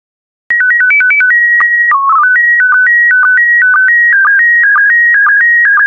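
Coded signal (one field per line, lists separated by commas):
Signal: SSTV (slow-scan television)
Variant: PD120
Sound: steady whistling tones stepping between pitches, with short low blips about twice a second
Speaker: complete. You can now check your decoded image against the picture that is shown on the video.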